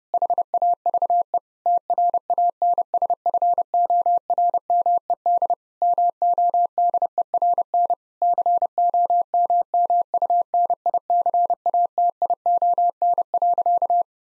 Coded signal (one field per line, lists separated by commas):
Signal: Morse code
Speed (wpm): 30 wpm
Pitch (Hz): 700 Hz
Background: none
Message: HAVE TRANSFORMED MODERN COMMUNICATION.